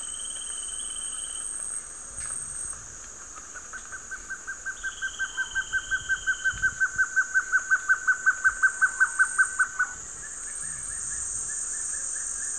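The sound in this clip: Guianan trogon calling a long series of even, hollow notes, about four per second, swelling louder over six seconds, then a fainter similar series; steady high insect buzzing throughout.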